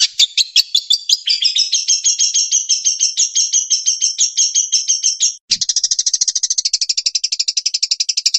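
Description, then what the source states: Long-tailed shrike song with quick, doubled chattering notes for about five seconds, a short break, then a very fast, buzzy repeated trill. Training song with varied fill-in phrases (isian variasi).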